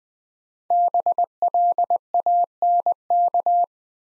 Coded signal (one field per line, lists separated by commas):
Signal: Morse code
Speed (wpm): 20 wpm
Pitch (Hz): 700 Hz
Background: none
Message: BLANK